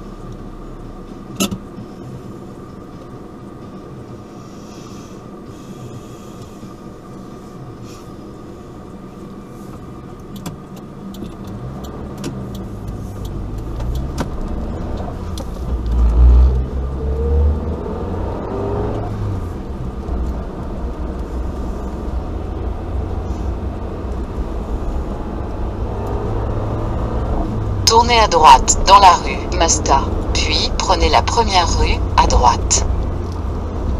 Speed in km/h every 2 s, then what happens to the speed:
0, 0, 0, 0, 0, 0, 6, 13, 20, 27, 36, 44, 49, 55, 63, 63, 60.
0-11 standing. 11-28 pulls away to 63. 28-34 steady at about 63.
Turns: none.